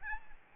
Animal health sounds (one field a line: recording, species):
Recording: mosquito wingbeat signal from an infrared sensor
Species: Aedes albopictus